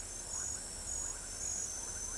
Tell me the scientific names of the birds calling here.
none